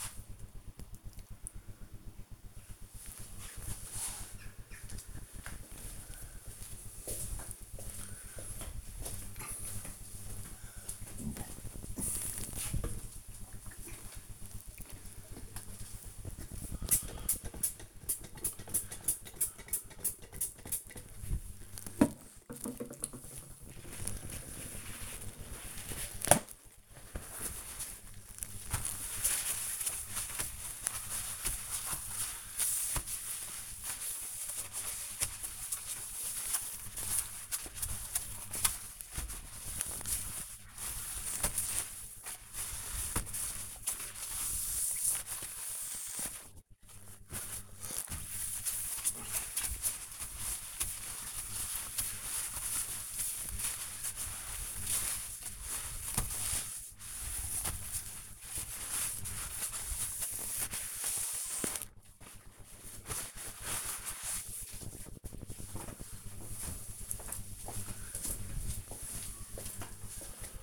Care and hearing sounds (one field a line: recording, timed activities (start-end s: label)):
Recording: household activities, microphone on the right wrist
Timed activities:
12.99-62.34 s: window cleaning